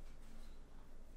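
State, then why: Not seated. A Google Pixel 5 smartphone is handled and pressed toward a cheap plastic/TPU carbon-fibre-effect protective case, giving a steady, low rustling sound with no sharp transients. The phone has not seated or snapped into the case yet.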